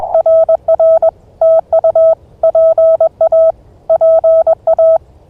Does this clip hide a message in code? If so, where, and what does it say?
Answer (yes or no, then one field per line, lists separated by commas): yes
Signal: Morse code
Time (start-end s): 0.1-5.0 s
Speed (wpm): 21 wpm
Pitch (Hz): 650 Hz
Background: none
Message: RR TU PA PA